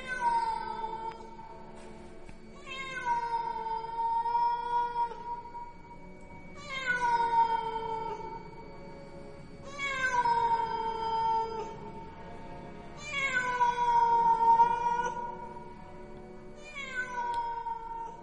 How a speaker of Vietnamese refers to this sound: Xen lẫn trong không gian đó, một tiếng con mèo hoang ở đâu kêu lên những tiếng đến ghê rợn.